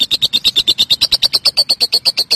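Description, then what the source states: Lovebird uttering a brisk string of squeaky, high chattering notes that rise slightly in pitch toward the end. Song style called konslet.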